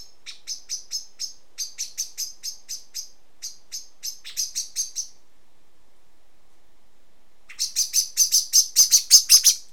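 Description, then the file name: Common blackbird giving a string of hard chink calls, about three a second, then a pause before a louder, faster burst of rattling calls. "Turdus merula"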